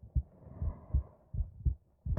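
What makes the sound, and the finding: Heart. Normal heart sounds.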